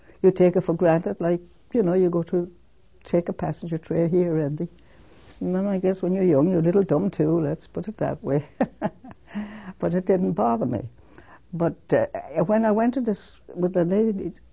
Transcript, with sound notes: you take it for granted, like, you know, you go to take a passenger train or no, I guess when you're young you're a little dumb too, put it that way. (she laughs) But it didn't bother me. But when I went to this with the lady,